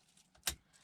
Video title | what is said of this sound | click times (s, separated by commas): Volvo S60 V70 XC70 00-04 Aux Usb Sd Interface Install | Push to hear a nice firm click. Like that. | 0.5 s